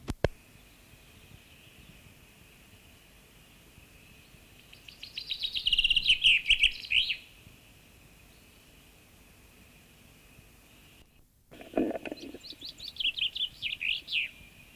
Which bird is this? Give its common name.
Common Chaffinch